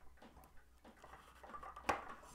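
A component is pushed into the replacement plastic body shell of a crashed Hubsan 501A camera drone (quadcopter) during repair. Faint handling taps and rustles lead up to one sharp click at 1.9 s as the part snaps home and seats.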